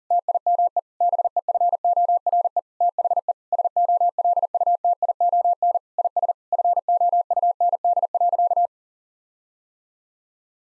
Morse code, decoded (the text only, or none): TIME BEFORE THE SOLUTION IS FOUND.